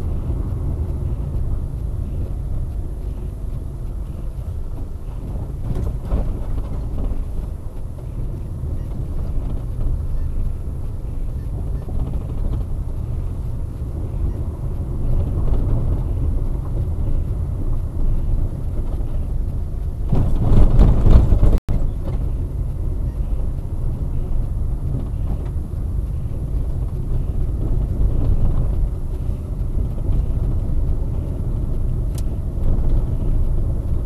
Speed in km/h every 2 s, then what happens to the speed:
28, 25, 21, 22, 22, 22, 24, 25, 27, 28, 25, 25, 25, 24, 25, 28, 28.
0-3 slows to 21. 3-34 steady at about 25.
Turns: none.